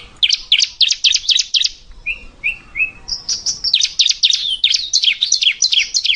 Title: Suara Burung Ciblek